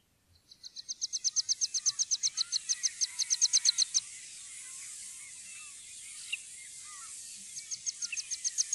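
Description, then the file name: Meadow pipit song: a long run of thin, high notes repeated about seven times a second, growing louder, then a pause before a new series starts; faint hiss behind. "heipipelerke"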